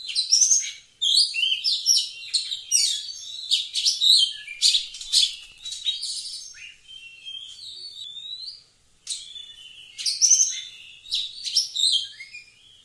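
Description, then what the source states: Oriental magpie-robin delivering long, energetic song phrases of varied whistles and harsh chatter, with a short pause before resuming. Singing actively (gacor).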